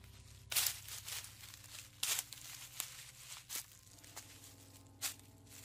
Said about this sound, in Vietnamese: Chỉ chốc lát sau thì tiếng bước chân lúc nãy từ trên lầu đã lại đi xuống vang lên. Cái âm thanh lẹp xẹp ấy đã lại vang vọng.